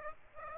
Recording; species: mosquito wingbeat signal from an infrared sensor; Aedes aegypti